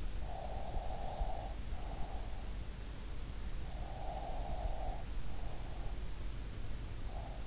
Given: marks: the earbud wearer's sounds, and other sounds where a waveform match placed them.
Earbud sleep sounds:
sounds in sleep by an in-ear microphone; breath
0.14-2.94 s: breath
3.83-6.63 s: breath

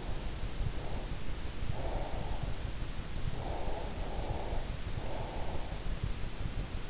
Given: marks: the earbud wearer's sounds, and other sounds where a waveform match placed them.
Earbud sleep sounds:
sounds in sleep by an in-ear microphone; breath
0.00-2.55 s: breath
3.34-5.78 s: breath

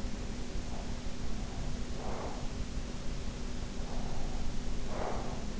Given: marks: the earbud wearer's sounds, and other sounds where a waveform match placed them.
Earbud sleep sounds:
sounds in sleep by an in-ear microphone; breath
1.88-2.58 s: breath
3.84-5.60 s: breath

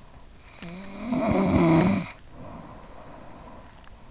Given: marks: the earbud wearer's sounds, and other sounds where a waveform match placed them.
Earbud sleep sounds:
sounds in sleep by an in-ear microphone; snoring breath
0.27-4.10 s: snoring breath

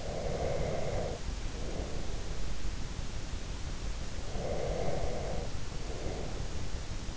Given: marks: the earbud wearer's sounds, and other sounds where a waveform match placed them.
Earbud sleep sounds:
sounds in sleep by an in-ear microphone; breath
0.00-2.40 s: breath
4.27-6.50 s: breath

